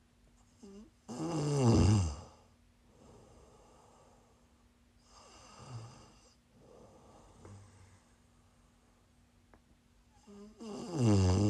Prime ASMR snoring.